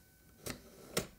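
A dust bag is being handled at the spring-loaded holder of a yeedi vac 2 pro self-emptying station. Two short broadband knocks are heard, a softer one near 0.5 s and a louder one near 1.0 s, over a quiet background. The bag has not yet clicked into place or formed its seal.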